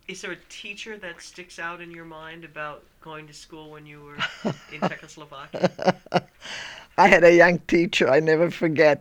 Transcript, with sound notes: Is there a teacher that sticks out in your mind about going to school when you were in Czechoslovakia?
(she laughs heartily) I had a young teacher, I never forget.